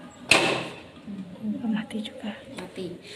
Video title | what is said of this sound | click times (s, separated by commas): 21 Maret 2025 | tinggal menutup e lidnya dengan cara ditekan Sampai bunyi klik | 0.3 s